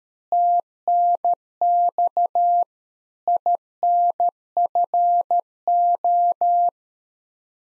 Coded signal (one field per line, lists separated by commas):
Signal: Morse code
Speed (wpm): 13 wpm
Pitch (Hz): 700 Hz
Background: none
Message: TNX INFO